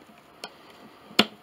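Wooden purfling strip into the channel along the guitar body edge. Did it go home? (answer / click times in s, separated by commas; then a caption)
yes / 1.2 s. A loose wooden purfling strip on a guitar body is lifted and let go during a repair, springing back into its channel along the body edge. A faint tap comes at 0.4 s, then a sharp, loud snap at 1.2 s as the strip seats back in place.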